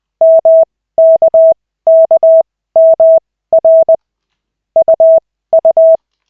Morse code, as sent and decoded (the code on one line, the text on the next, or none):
-- -.- -.- -- .-. / ..- ..-
MKKMR UU